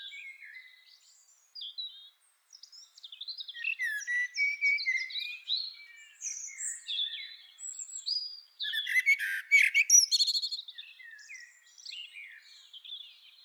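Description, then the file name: Common blackbird singing varied warbled and squeaky phrases with quick twittering notes, pausing between bursts, with a denser, louder chattering passage in the second half. "Turdus merula"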